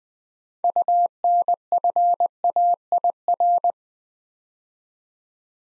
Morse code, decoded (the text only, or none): UNFAIR